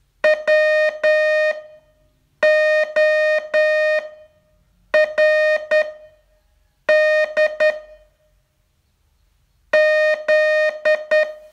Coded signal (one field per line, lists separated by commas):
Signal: Morse code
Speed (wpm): 10 wpm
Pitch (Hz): 620 Hz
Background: none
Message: WORD Z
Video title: Learn Morse in 42 Days from VU2LAU - day 37 test